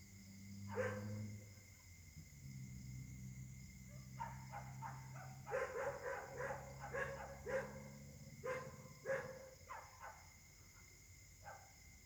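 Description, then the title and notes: Dogs barking, a single bark then a long run of rapid barks, over a low droning hum and a steady high tone. Several dogs barking at night in Caltex, 3 Mares, Réunion; recorded on a Samsung Galaxy S8 smartphone with a partly clogged left microphone. "Caltex, 3 mares, Réunion - h08. La nuit s'annonce difficile pour les habitants: concert de chiens"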